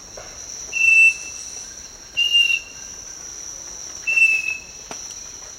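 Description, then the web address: Southern nightingale-wren giving three pure whistled notes, each brief and level, spaced well apart over a constant high-pitched insect drone. Eastern Lowlands, South America. "Natures Songs S America Eastern Lowlands 488 Southern Nightingale-Wren"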